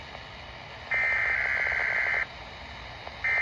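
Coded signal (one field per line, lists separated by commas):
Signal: Emergency Alert System (SAME) tones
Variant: header bursts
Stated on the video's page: Canadian weather radio Required Weekly Test and Required Monthly Test alert tones.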